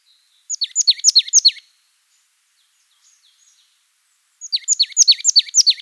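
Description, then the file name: Marsh tit calling in two rapid runs of thin, high, down-slurred notes, each run lasting about a second, with quiet between them. "parus palustris"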